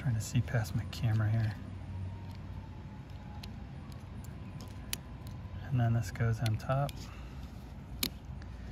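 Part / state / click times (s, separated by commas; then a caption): internal part placed on top inside a game controller housing / seated / 8.0 s. Someone talks while reassembling a Boxy Pixel metal Joy-Con handheld game controller, setting an internal part on top inside its aluminum housing. Faint taps are heard in the quieter middle section, and the part snaps into place with a small, sharp click at 8.0 s, seating it.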